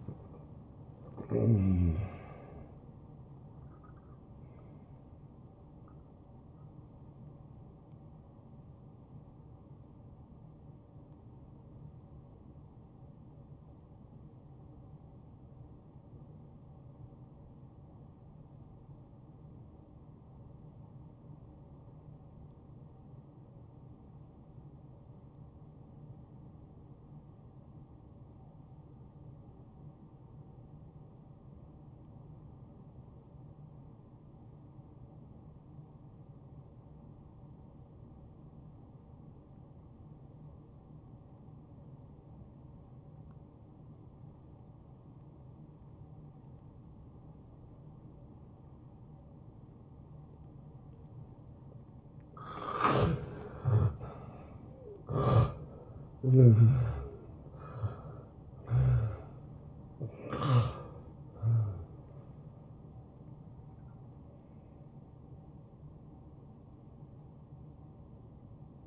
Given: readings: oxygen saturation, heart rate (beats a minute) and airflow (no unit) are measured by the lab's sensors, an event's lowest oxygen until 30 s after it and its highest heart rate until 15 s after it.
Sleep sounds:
breathing in sleep by a smartphone at the bedside; 1
12.00-68.87 s: new sleep stage, N2 (light sleep)
14.00-50.40 s: obstructive apnea (N2, oxygen 95% highest, then 82% lowest, heart rate 64 at the start, 76 highest)
From the record:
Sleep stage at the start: N1 (lightest sleep); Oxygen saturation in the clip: 85 to 95%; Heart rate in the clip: 49 to 77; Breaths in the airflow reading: 7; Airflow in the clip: -15.0 to 9.0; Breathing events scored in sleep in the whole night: 263 in 5.5 hours asleep

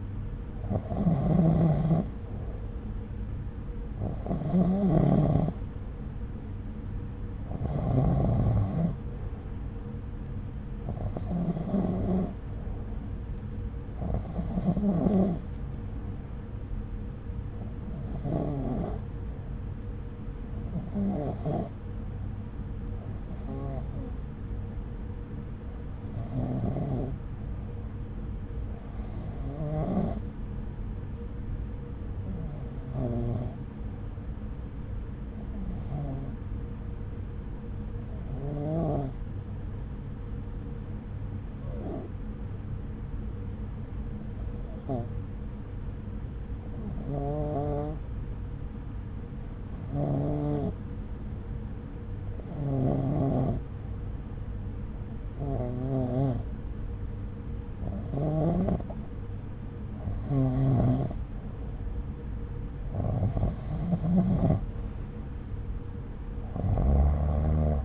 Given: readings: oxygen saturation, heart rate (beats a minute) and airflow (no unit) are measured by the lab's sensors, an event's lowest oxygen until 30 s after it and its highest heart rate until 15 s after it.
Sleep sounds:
breathing in sleep by a smartphone at the bedside; 1
22.00-63.10 s: hypopnea (REM, oxygen 94% highest, then 90% lowest, heart rate 68 at the start, 69 highest)
From the record:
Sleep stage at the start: REM sleep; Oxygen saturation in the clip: 91 to 94%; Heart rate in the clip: 64 to 71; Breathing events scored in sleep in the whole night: 303 in 8.1 hours asleep

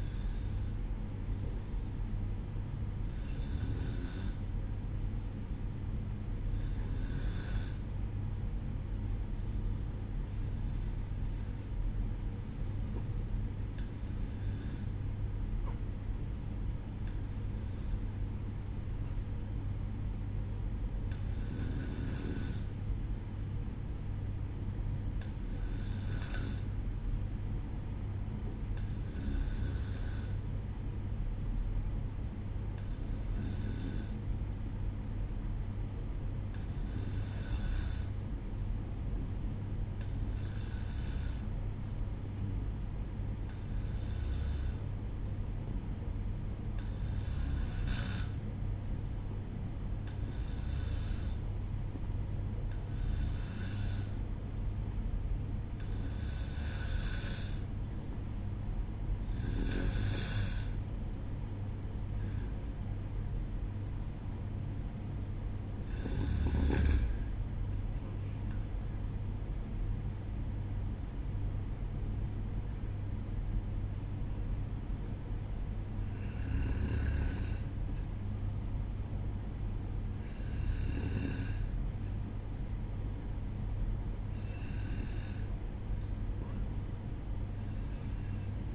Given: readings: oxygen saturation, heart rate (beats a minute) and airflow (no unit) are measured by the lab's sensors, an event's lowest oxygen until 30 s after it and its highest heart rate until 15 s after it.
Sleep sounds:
breathing in sleep by a smartphone at the bedside; 1
7.00-58.90 s: hypopnea (N2, oxygen 95% highest, then 92% lowest, heart rate 63 at the start, 69 highest)
54.00-84.00 s: new sleep stage, N1 (lightest sleep)
84.00-88.74 s: new sleep stage, N2 (light sleep)
From the record:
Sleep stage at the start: N2 (light sleep); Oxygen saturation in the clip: 92 to 95%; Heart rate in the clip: 61 to 69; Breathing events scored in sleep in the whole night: 305 in 9.6 hours asleep

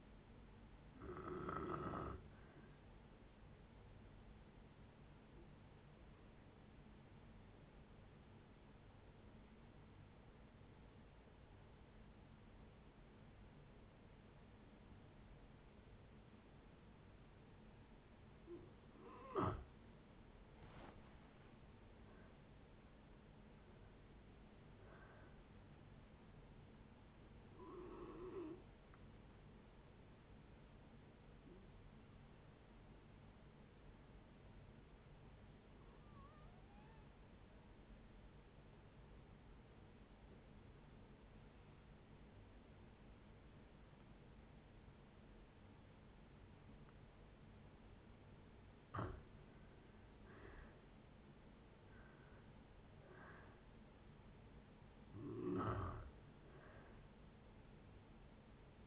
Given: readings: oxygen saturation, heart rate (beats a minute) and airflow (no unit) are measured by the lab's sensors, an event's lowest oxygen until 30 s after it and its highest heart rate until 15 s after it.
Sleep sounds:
breathing in sleep by a voice recorder at the bedside; 2
4.00-20.20 s: hypopnea (N1, oxygen 96% highest, then 88% lowest, heart rate 71 at the start, 76 highest)
28.00-58.87 s: new sleep stage, N2 (light sleep)
30.00-50.00 s: hypopnea (N2, oxygen 95% highest, then 83% lowest, heart rate 65 at the start, 70 highest)
From the record:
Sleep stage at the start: N1 (lightest sleep); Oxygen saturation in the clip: 84 to 96%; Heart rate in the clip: 58 to 76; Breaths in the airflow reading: 12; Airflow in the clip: -7.1 to 11.3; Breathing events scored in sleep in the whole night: 496 in 5.4 hours asleep

